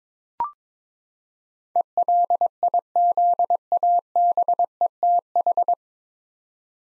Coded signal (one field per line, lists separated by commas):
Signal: Morse code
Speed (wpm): 22 wpm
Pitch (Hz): 700 Hz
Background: none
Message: ELIZABETH